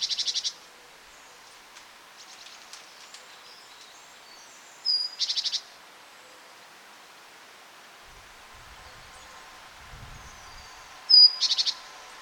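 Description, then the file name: Great tit calls: three bursts of harsh, buzzy churring, each about half a second long and spaced roughly five seconds apart, with faint thin chirps between. "Parus major"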